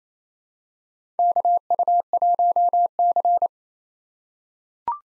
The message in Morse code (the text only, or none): KU1C